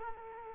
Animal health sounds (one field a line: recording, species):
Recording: mosquito wingbeat signal from an infrared sensor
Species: Culex quinquefasciatus